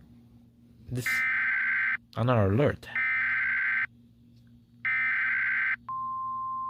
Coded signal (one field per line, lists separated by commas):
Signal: Emergency Alert System (SAME) tones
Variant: header bursts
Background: speech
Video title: Emergency Alert Scenarios | Dark Streets